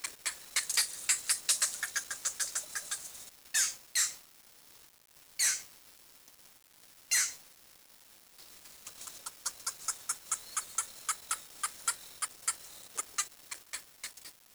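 Bird gives rapid runs of sharp, high clicking chips, broken by four longer harsh squawks near the middle, then steadier, evenly spaced chipping; otherwise quiet.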